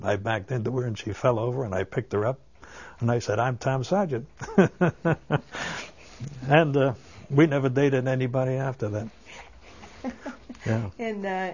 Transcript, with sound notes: I backed into her, she fell over, and I picked her up, and I said, "I'm Tom Sargent." ( he laughs ) And we never dated anybody after that.